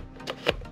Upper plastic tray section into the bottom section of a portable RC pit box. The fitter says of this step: and there you have it now these two are locked together